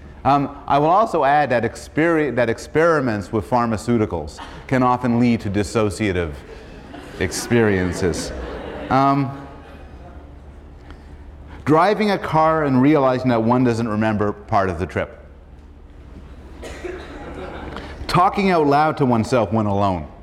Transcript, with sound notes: I will also add that experiments with pharmaceuticals can often lead to dissociative experiences. [laughter] "Driving a car and realizing that one doesn't remember part of the trip. Talking out loud to oneself when alone."